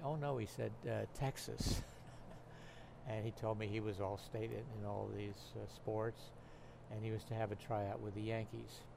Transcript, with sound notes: "Oh, no", he said, "Texas". [Both laugh] And he told me he was All State in all these sports and he was to have a try out with the Yankees.